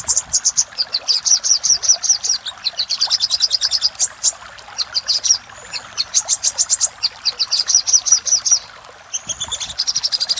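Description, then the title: Little spiderhunter song: rapid series of high, sharp chips in fast runs, pausing briefly between bursts, with faint background hiss. Master recording used for training cage birds. "Masteran Burung Sogok Ontong Labaik"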